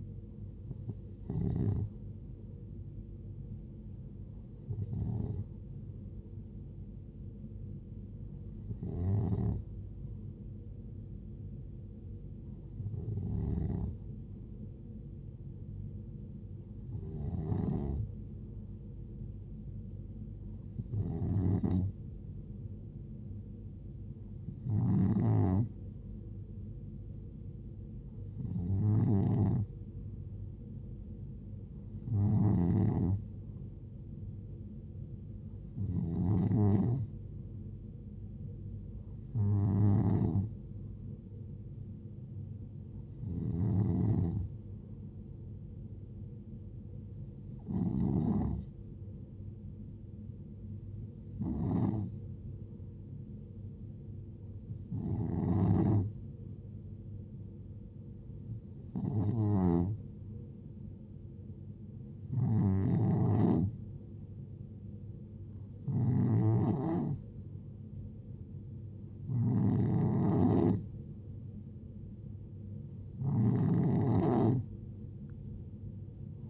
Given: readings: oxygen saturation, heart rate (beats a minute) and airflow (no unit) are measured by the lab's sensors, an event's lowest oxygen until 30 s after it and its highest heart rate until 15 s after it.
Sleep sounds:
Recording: breathing in sleep by a smartphone at the bedside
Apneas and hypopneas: none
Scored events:
none scored
From the record:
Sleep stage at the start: N2 (light sleep)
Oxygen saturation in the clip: 91 to 93%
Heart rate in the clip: 64 to 73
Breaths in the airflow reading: 20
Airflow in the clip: -5.2 to 3.7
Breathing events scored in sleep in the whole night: 389 in 6.3 hours asleep

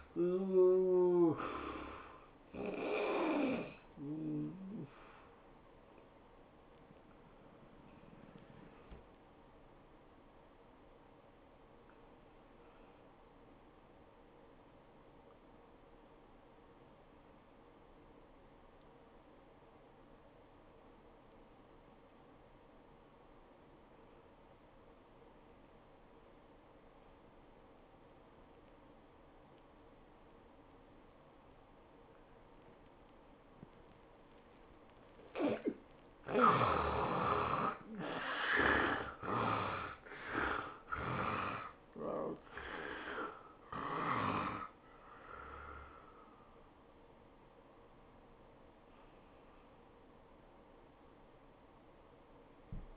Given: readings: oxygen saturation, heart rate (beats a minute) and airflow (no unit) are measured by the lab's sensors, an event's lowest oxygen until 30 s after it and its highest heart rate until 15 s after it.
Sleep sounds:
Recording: breathing in sleep by a voice recorder at the bedside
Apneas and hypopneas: 1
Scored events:
3.00-37.30 s: hypopnea (N2, oxygen 92% highest, then 68% lowest, heart rate 104 at the start, 104 highest)
7.00-52.97 s: new sleep stage, N1 (lightest sleep)
From the record:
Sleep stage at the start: N2 (light sleep)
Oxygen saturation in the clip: 70 to 92%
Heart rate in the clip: 68 to 104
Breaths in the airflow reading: 8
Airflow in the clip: -15.7 to 13.6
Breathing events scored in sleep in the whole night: 403 in 5.5 hours asleep

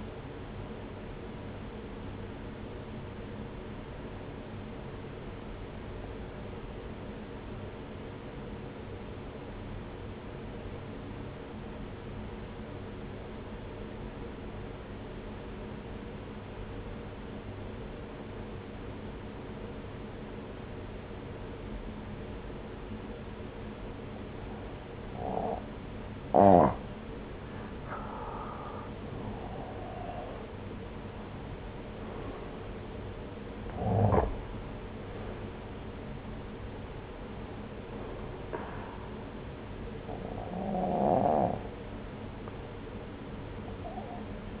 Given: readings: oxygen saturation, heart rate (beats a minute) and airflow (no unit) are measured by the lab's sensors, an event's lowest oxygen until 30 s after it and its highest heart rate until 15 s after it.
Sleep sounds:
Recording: breathing in sleep by a voice recorder at the bedside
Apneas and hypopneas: 1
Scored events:
4.00-28.20 s: obstructive apnea (N1, oxygen 95% highest, then 88% lowest)
From the record:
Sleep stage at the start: N1 (lightest sleep)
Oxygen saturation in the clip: 87 to 95%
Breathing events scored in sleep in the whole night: 303 in 8.1 hours asleep

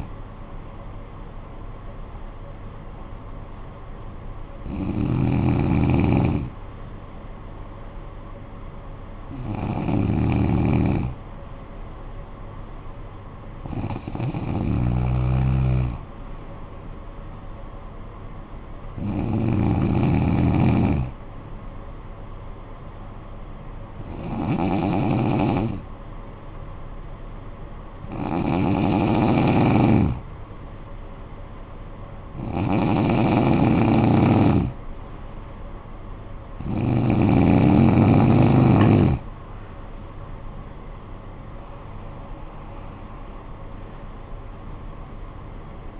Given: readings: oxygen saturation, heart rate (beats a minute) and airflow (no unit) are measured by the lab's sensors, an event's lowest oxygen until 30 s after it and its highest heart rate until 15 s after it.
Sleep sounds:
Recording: breathing in sleep by a smartphone at the bedside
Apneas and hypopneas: 1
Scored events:
10.00-46.00 s: new sleep stage, N2 (light sleep)
14.00-35.10 s: hypopnea (N2, oxygen 95% highest, then 91% lowest, heart rate 54 at the start, 71 highest)
From the record:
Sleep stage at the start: N1 (lightest sleep)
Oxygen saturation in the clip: 92 to 95%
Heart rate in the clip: 51 to 69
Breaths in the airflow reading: 9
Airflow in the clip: -11.5 to 8.1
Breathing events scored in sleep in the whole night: 445 in 7.6 hours asleep

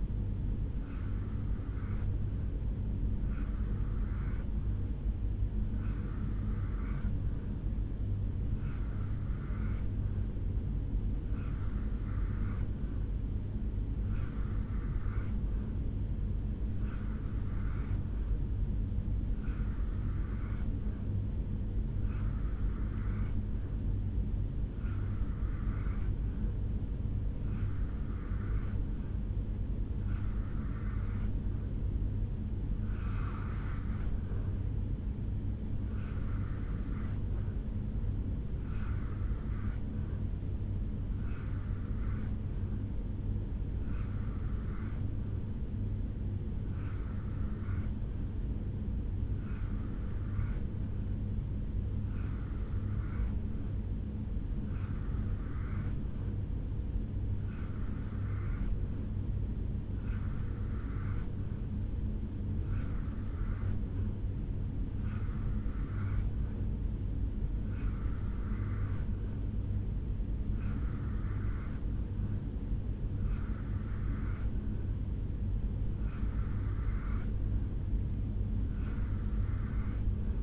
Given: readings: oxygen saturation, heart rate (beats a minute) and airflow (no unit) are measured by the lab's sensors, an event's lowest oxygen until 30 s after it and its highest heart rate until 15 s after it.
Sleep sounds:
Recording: breathing in sleep by a smartphone at the bedside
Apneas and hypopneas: none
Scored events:
none scored
From the record:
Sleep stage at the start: N2 (light sleep)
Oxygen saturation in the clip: 85 to 87%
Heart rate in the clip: 67 to 71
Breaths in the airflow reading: 24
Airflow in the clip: -4.1 to 1.5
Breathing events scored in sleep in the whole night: 449 in 7.0 hours asleep

